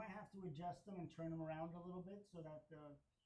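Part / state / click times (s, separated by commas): plastic mounting piece of the frunk actuator into its bracket / not seated / none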